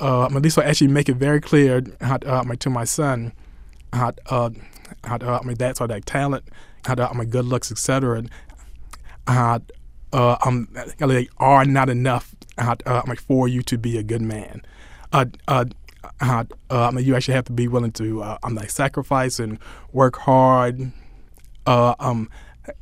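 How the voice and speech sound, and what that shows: Adult male speech full of repeated 'I mean' starters, drawn-out 'uh' sounds and long silent blocks: stuttering present since childhood. It grew much worse at age 9, after his brother committed a murder, and persists in adulthood.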